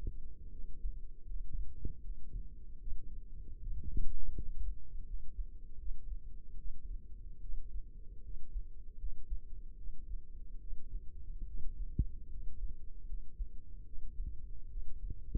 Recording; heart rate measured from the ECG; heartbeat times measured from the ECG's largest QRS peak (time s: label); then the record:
heart sounds by microphone in the left ear; 76 bpm
0.50 s: heartbeat
1.25 s: heartbeat
2.00 s: heartbeat
2.79 s: heartbeat
3.59 s: heartbeat
4.34 s: heartbeat
5.04 s: heartbeat
5.77 s: heartbeat
6.56 s: heartbeat
7.40 s: heartbeat
8.22 s: heartbeat
8.97 s: heartbeat
9.75 s: heartbeat
10.59 s: heartbeat
11.45 s: heartbeat
12.28 s: heartbeat
13.05 s: heartbeat
13.84 s: heartbeat
14.68 s: heartbeat
From the record:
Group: healthy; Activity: rest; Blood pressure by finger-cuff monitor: 105/53 mmHg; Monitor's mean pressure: 71 mmHg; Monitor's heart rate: 77 bpm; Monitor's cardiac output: 7.5 L/min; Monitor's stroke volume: 97 mL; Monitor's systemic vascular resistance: 670 dyn s/cm5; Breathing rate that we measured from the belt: 16 breaths a minute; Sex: female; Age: 22 years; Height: 160 cm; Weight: 63 kg